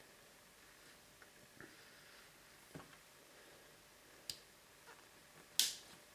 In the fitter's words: voilà c'est bien emboîter vous avez entendu clic